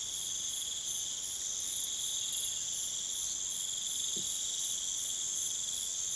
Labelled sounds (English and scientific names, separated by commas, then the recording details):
none
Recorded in pastures near Puerto Asís, Putumayo, Colombia, on 27 June 2025 at 23:00
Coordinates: 0.486, -76.323
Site H29